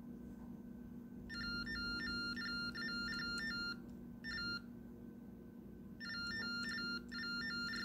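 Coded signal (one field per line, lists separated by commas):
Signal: modem data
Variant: TTY Baudot 45.45 baud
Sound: several bursts of rapid warbling between two close tones, with pauses between them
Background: low electrical hum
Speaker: it'll play back and we will hit play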